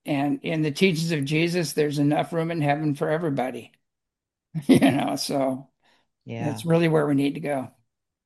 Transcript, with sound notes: and in the teachings of Jesus, there's enough room in Heaven for everybody, (laughs) you know? So-
Yeah.
... that's really where we need to go.